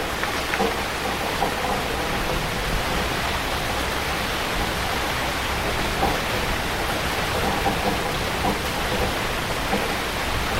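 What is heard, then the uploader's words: Rain pours steadily onto a wooden roof, a dense, even hiss of countless drops with no letup across the whole stretch. Scattered brighter taps stand out now and then, and a low rumble sits underneath throughout. Rain on a Wooden Roof in Malaysia.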